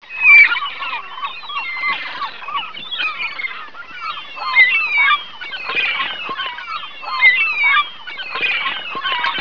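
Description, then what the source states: Gull flock giving constant overlapping calls, nasal yelps and squeals layered thickly, with repeated louder bursts of squawking. Ambience.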